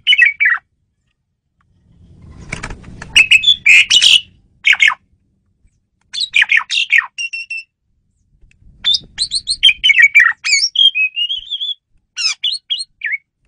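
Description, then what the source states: Asian pied starling chattering with loud harsh squawks, chirps and whistled notes in repeated bursts, mixed with short whistles and some low background hum. Female bird used as a lure bird.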